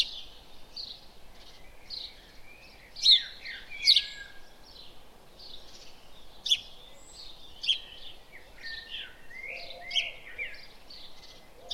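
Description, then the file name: House sparrow uttering quick, scratchy chirps and chatter in irregular bursts, some notes sliding downward. "Passer domesticus"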